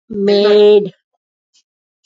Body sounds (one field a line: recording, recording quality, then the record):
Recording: sustained vowel as in made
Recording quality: moderate, slight background noise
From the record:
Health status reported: respiratory illness, not identified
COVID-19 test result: not tested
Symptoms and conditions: asthma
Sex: female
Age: 46 years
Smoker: not ticked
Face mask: worn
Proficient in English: yes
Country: India